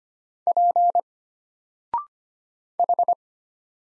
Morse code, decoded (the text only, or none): P H